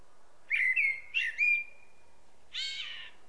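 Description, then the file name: Common blackbird producing two smooth fluted notes held level, then a harsher scratchy burst at the close. "Turdus merula"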